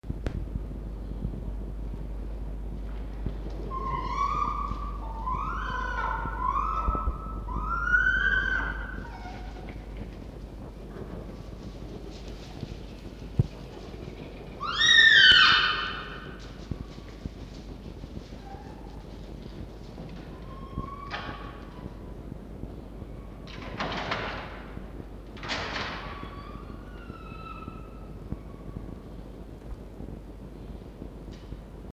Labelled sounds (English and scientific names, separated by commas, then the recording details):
Red Fox (Vulpes vulpes)
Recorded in captivity
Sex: female
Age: adult
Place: Zoologisches Institut der HUB, Berlin, DE
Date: 1952-06-03 18:30
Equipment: Elmetra
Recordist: Tembrock, Günter
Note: Jupp vor 5a, Fiffi drinnen. Fiffi: Begrüßungswinseln, in Kreischen übergehend